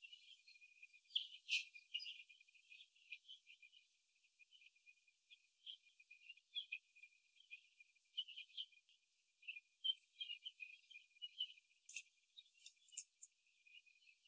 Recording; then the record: young laying hens in a cage, short pieces joined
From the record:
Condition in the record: before the stressor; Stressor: simulated dog barking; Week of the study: 2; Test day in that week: 3